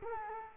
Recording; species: mosquito wingbeat signal from an infrared sensor; Culex quinquefasciatus